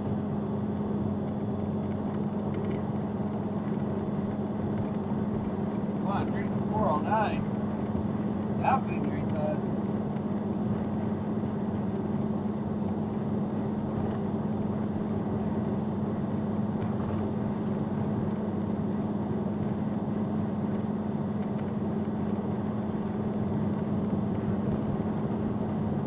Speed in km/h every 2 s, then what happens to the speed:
113, 114, 114, 116, 116, 116, 116, 116, 116, 116, 116, 116, 116.
0-26 steady at about 116.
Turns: none.